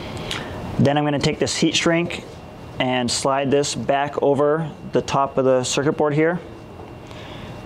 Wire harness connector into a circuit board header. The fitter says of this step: make sure you kind of hear that audible click and that's how you know it's in all the way